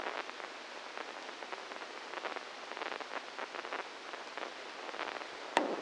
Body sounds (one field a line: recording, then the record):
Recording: brain microelectrode recording played as sound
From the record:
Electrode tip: inside the subthalamic nucleus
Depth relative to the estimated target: -2 mm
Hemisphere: left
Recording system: NeuroSet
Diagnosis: Parkinson's disease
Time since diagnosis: 12 years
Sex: male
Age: 61 years